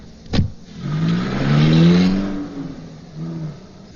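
A sharp knock, then the engine of a big, imposing car revs up and rises to a loud, steady drone before easing off, followed by a second, shorter rev near the end as the car drives off. No one speaks.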